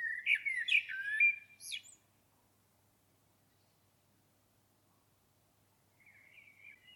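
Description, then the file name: Common blackbird singing one rich fluted phrase with a high squeaky flourish at the end, then silence before a faint, soft warble. "Turdus merula"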